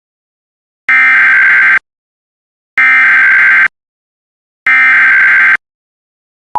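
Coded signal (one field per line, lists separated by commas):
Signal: Emergency Alert System (SAME) tones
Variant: header bursts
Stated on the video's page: Compilation of real civil, non-weather EAS alerts.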